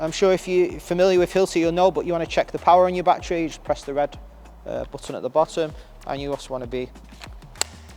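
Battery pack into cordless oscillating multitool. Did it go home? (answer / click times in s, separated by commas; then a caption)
yes / 7.6 s. Someone talks while a small cordless battery pack is slid onto the base of a Hilti cordless oscillating multitool. A sharp click at 7.6 s marks the pack latching into place, and the battery is seated.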